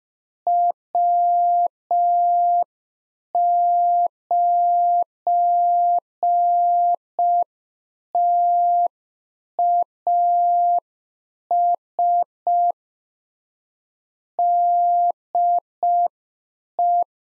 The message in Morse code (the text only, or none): W9TAS DE